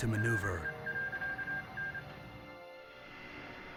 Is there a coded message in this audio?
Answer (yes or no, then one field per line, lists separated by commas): yes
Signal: Morse code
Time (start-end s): 0.2-2.0 s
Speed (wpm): 26 wpm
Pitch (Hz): 1600 Hz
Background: speech, music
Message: RE.N